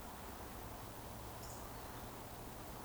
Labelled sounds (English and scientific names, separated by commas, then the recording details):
Eurasian Woodcock (Scolopax rusticola) whistle
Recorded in Baden-Württemberg, Germany, on 15 June 2020 at 20:16 UTC
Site 14569, 102 m above sea level